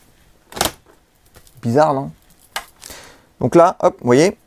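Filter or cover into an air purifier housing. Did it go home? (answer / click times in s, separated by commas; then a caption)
no / none. A filter or cover part is fitted by hand into the plastic housing of a Dyson TP07 Pure Cool air purifier while someone talks. Brief handling knocks are heard between the words, but the clip ends before the part goes home, so nothing has seated or clicked yet.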